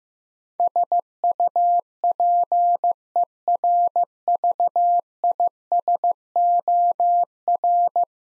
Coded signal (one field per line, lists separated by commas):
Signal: Morse code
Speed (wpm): 15 wpm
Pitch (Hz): 700 Hz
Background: none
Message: SUPERVISOR